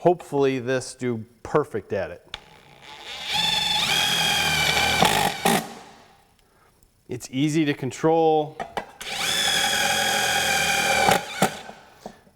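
A small screw is driven at full power with a RYOBI HP 18V Brushless Compact Impact Driver (from kit PSBCK01K). Someone talks between two whirring, rattling bursts of the driver, from about 3.2 to 6.0 s and from about 9.0 to 11.5 s; nothing has seated or clicked. The screw over-torques and strips, because the driver lacks more speed levels to avoid over-torquing small screws.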